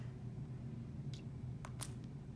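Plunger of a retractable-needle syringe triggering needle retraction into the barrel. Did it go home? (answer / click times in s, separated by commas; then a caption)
yes / 1.8 s. A naloxone safety syringe is pushed straight into the thigh muscle at a 90-degree angle. At the end of the push, the plunger triggers the retraction mechanism, and the needle snaps back into the plastic barrel with a sharp snap at 1.8 s, with fainter ticks around 1.1 s, 1.7 s and 2.0 s over a steady low hum. The needle is fully retracted into the syringe.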